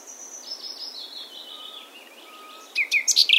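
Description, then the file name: Nightingale song: a long thin whistle gliding slowly downward, a faint low whistle, then a burst of loud, sharp repeated notes. "Luscinia megarhynchos"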